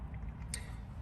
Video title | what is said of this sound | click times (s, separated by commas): Mobile Car Mechanic - Installing A New Head Unit RCD330 Apple CarPlay/Android Auto Radio | Click it. Lock that in place. | 0.5 s